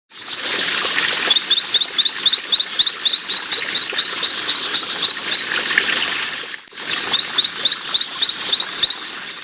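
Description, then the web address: Frogs calling in a dense chorus: a loud, continuous rasping din with sharp clicking pulses repeated several times a second, briefly dropping out once before resuming. "naturesongs frog"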